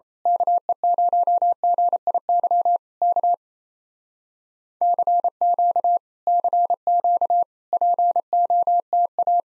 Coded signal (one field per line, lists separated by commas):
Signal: Morse code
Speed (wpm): 26 wpm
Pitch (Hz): 700 Hz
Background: none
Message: KE0GIY K CQ CQ POTA